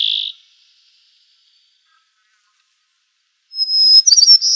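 White-crowned sparrow, one low whistle, a faint thin buzz, quiet, then a bright high whistle running into rapid warbled notes.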